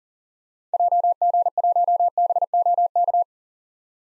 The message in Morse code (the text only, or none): JG1BOK